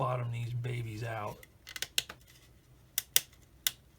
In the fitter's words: See how tight that is? You can hear it popping going in just from friction, but that is much better.